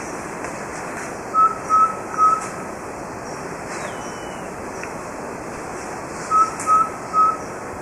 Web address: Natures Songs S America Birds of Ecuador Subtropical Pygmy-Owl